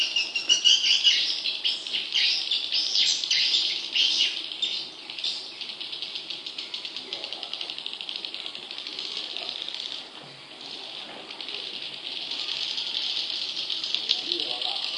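Leafbird song, fast shrill twittering and chirped phrases, loudest at the start, dipping briefly near ten seconds before resuming.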